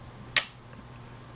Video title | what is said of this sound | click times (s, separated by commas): HOW TO- Change or Upgrade The Ram In Your Laptop Or Notebook Computer | so once you do that press it down until it clicks | 0.4 s